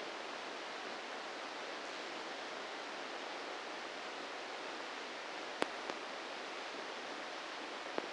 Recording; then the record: brain microelectrode recording played as sound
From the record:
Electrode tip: inside the subthalamic nucleus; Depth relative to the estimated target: -3 mm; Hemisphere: left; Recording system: NeuroSet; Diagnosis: Parkinson's disease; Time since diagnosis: 8 years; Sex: male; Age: 58 years